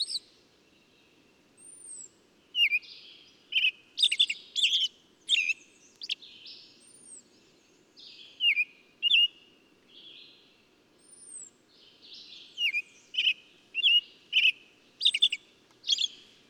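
Bird giving twittering, sharp chirps with downslurred notes in clusters, plus occasional faint thin high whistles.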